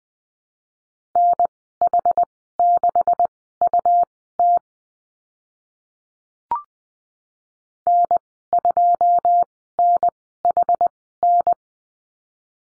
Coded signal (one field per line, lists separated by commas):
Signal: Morse code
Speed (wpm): 20 wpm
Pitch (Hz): 700 Hz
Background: none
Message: NH6UT N2NHN